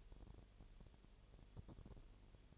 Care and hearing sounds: daily activity, microphone in the room; no activity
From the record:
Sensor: 4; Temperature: 22.7 degrees Celsius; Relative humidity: 32.0%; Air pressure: 1008.1 hPa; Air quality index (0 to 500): 113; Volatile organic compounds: 2 ppm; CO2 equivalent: 1100 ppm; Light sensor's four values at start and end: 2/3/1/1 and 2/3/1/1

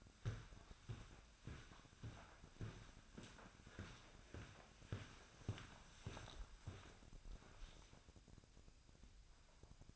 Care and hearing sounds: daily activity, microphone in the room; walk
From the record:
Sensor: 2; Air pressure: 1009.2 hPa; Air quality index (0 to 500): 180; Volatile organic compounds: 3 ppm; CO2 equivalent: 1317 ppm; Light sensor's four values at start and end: 48/125/54/60 and 48/126/54/60

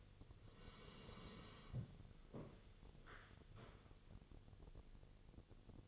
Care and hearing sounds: daily activity, microphone in the room; sit down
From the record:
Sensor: 4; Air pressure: 1001.2 hPa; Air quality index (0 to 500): 180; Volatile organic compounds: 2 ppm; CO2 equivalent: 1292 ppm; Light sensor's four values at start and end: 13/30/12/12 and 13/30/12/12

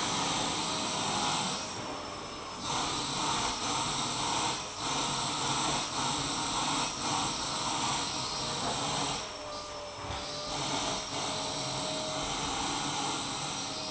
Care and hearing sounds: daily activity, microphone in the room; vacuum cleaning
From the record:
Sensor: 1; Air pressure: 1010.2 hPa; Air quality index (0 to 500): 173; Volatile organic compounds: 13 ppm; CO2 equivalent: 2381 ppm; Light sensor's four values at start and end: 49/128/53/66 and 48/126/52/65

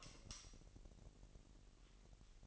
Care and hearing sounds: daily activity, microphone in the room; light off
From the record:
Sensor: 4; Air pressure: 1002.8 hPa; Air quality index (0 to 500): 250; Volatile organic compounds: 12 ppm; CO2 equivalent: 2361 ppm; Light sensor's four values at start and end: 7/16/6/7 and 7/15/6/6

